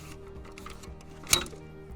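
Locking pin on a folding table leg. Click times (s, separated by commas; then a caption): 1.3 s. The legs of a folding camp table from a VW Eurovan patio package are spread and pulled out against a low steady hum, with a few faint ticks along the way. A sharp click at 1.3 s marks the locking pin snapping into place, and the leg is seated.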